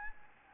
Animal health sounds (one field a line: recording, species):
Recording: mosquito wingbeat signal from an infrared sensor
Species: Anopheles gambiae